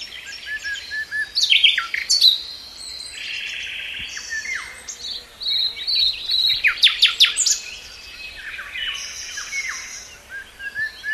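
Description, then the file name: Common nightingale in continuous varied song, mixing buzzy notes, sharp downward whistles and quick repeated chatters with brief pauses. "Luscinia megarhynchos"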